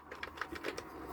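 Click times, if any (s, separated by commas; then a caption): none. A plastic leg is pushed and turned into the base of a Sentro 22-pin knitting machine, making a series of light taps and rattles at about 0.1, 0.2, 0.4, 0.6 and 0.8 s. The leg does not lock, and nothing has snapped into place yet; it has to keep being turned until it snaps.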